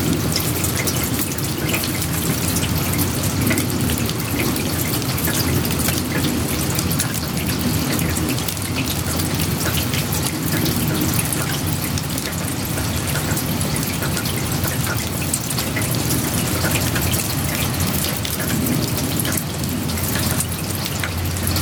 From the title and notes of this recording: Small village porch. You're approaching a small village in the woods of germany where a single barn is the only sanctuary from the rain.